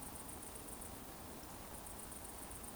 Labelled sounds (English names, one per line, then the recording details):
Eurasian Woodcock whistle
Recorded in Baden-Württemberg, Germany, on 23 June 2020 at 20:37 UTC
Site 14569, 102 m above sea level